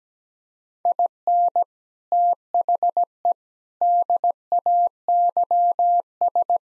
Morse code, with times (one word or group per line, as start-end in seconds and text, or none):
0.9-1.6 IN
2.1-3.3 THE
3.8-6.6 DAYS